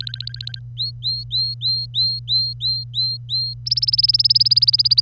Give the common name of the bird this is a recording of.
Domestic Canary